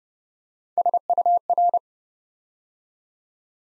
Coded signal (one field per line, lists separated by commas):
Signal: Morse code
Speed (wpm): 28 wpm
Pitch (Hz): 700 Hz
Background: none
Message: SUR